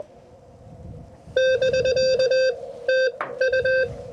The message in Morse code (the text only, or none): <BK>TU